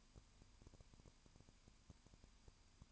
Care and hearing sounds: daily activity, microphone in the room; no activity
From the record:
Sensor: 2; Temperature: 20.8 degrees Celsius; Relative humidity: 38.3%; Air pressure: 1010.4 hPa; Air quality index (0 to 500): 200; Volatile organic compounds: 19 ppm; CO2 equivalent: 2646 ppm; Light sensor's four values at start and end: 2/3/2/2 and 2/3/2/2

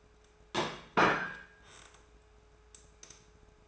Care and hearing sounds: daily activity, microphone in the room; place plate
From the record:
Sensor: 2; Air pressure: 1014.9 hPa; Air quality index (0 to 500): 205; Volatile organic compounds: 21 ppm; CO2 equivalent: 2709 ppm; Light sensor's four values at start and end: 17/42/18/19 and 15/35/15/16

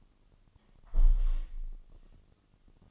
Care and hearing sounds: daily activity, microphone in the room; close window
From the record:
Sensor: 4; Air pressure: 1005.5 hPa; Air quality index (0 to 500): 91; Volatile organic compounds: 2 ppm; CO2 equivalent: 1119 ppm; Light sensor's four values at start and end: 13/29/11/11 and 13/29/11/11

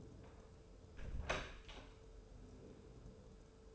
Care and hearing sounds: daily activity, microphone in the room; close door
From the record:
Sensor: 2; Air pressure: 1015.0 hPa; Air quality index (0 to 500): 122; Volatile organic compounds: 4 ppm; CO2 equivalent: 1565 ppm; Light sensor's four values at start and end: 13/36/14/16 and 13/36/14/16

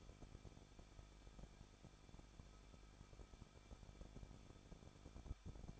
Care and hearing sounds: daily activity, microphone in the room; no activity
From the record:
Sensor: 5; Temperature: 20.8 degrees Celsius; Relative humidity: 38.2%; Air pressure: 1006.6 hPa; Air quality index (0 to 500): 185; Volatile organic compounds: 17 ppm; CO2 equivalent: 2590 ppm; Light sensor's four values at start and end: 2/3/1/1 and 2/3/1/1

